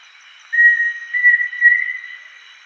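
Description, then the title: Pheasant cuckoo song: three clear, drawn-out whistles, each slightly higher than the last, over a faint steady hiss. "LuckyPassaro Completos2Sama. Pheasant Cuckoo (Dromococcyx phasianellus)"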